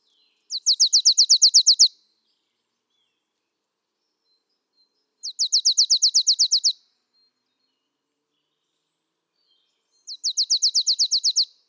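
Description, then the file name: Marsh tit with three clean bursts of fast, high, repeated notes, each burst about a second and a half long, with quiet gaps between. "Poecile palustris"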